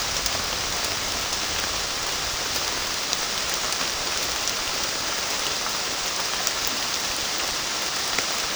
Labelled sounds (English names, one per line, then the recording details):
none
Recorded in pastures near Puerto Asís, Putumayo, Colombia, on 30 June 2025 at 15:00
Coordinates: 0.466, -76.322
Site GP07